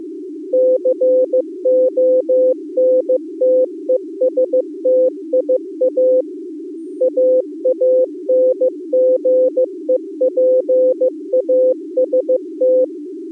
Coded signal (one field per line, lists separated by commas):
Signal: Morse code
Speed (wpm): 23 wpm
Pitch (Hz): 510 Hz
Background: none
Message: CONTESTIA AANGEPAST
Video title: Daily Minutes, October 31, 2015 (using Contestia simultaneously)